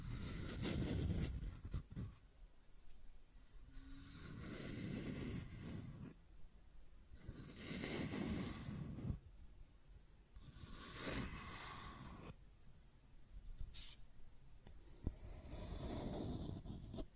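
Scratching and tracing sounds come in repeated strokes, each lasting one to two seconds, with a new pass starting roughly every two seconds. The strokes alternate between low, rough rubbing and brighter, hissing scrapes. Occasional short clicks mark the edges of some strokes.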